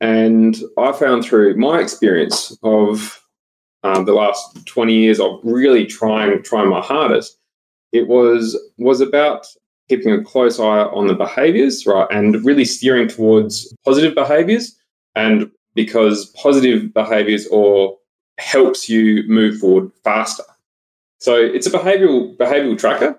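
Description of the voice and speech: An adult man speaks in mostly fluent connected sentences, broken by several whole-word repetitions ("trying trying", "was was", "behavioral behavioral"), fillers and short pauses. These are residual signs of aphasia in a man who once had severe aphasia and could not talk well.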